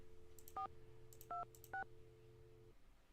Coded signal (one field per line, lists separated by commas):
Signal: DTMF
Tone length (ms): 110 ms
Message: 426